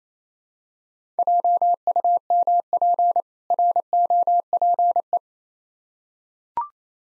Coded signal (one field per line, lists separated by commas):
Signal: Morse code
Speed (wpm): 28 wpm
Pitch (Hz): 700 Hz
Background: none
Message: JUMP ROPE